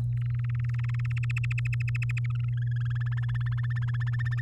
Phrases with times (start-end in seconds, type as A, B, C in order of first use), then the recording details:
0.12-1.12 A, 1.17-2.26 B, 2.30-3.54 C, 3.58-4.41 D. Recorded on 10 May 2018 at 16:04. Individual llb16